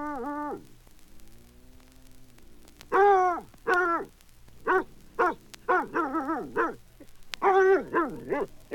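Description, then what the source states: Bloodhound barking and baying: a bay, then harmonic barks and bays in irregular bursts, with a low hum beneath. One bloodhound barking and baying.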